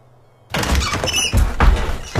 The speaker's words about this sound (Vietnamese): Cánh cửa sổ bỗng dưng bật chốt. Gió lùa mạnh mang theo hơi lạnh xộc vào trong căn phòng của hai vợ chồng